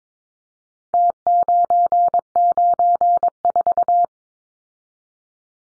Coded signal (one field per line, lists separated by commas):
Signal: Morse code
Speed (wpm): 22 wpm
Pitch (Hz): 700 Hz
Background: none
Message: T994